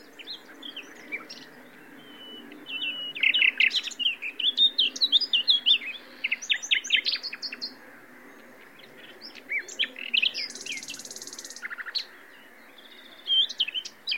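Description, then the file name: Common nightingale singing varied bursts of sharp chirps and quick repeated notes, pausing between phrases, with a brief high buzzy sound after the middle. "Luscinia megarhynchos"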